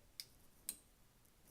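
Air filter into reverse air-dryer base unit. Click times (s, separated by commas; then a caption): 0.2 s, 0.7 s. An air filter is lined up with its notch and pressed into the base unit of a RevAir reverse air-dryer. Two short, sharp clicks are heard at 0.2 s and 0.7 s, confirming the filter is seated in place.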